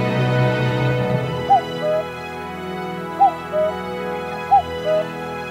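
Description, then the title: Common cuckoo giving its two-note cuck-oo three times, a higher note then a lower one, roughly every one and a half seconds, over a steady tonal hum. Recorded at Zao, Japan. "蔵王のカッコウ"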